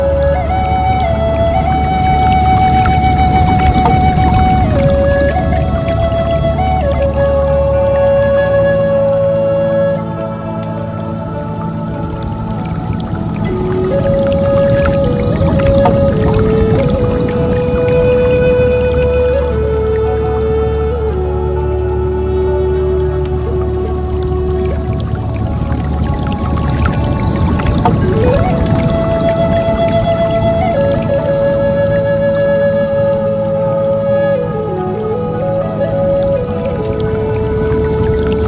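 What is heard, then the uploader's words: Soft, slow melodic tones glide and hold over a steady bed of running water, notes stepping down and bending gently every few seconds. A low constant rumble sits underneath, with a brief dip in loudness around ten seconds before the flow resumes unchanged. The rhythmic ebbs and flows of waterfalls.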